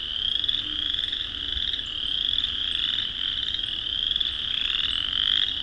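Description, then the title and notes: Chorus frogs in a dense, continuous chorus of rising trilled creaks overlapping without pause, a steady high-pitched wall of sound throughout. Dusk in spring in a swamp; thousands, maybe tens of thousands, of calling chorus frogs; frogs use calls and songs to establish territory. "Vinemount Swamp, and will hear thousands, maybe tens of thousands, of chorus frogs"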